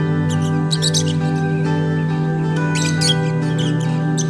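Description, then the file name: Lovebird squeaks come in brief clusters of high, harsh chirps, with a steady droning hum running the whole time. Lovebirds, used for audio therapy. "audio terapi lovebirds"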